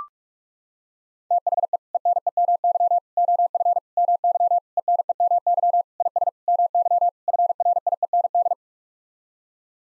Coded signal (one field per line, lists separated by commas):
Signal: Morse code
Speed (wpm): 41 wpm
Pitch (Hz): 700 Hz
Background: none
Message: THE ENEMY OF MY ENEMY IS MY FRIEND